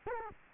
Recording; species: mosquito wingbeat signal from an infrared sensor; Culex quinquefasciatus